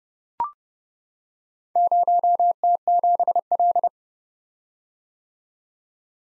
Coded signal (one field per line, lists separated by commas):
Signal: Morse code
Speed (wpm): 30 wpm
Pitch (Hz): 700 Hz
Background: none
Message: 0T7L